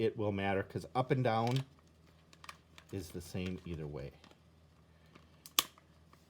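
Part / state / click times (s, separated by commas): toy figure peg into turret base hole / seated / 5.6 s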